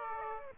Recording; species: mosquito wingbeat signal from an infrared sensor; Aedes aegypti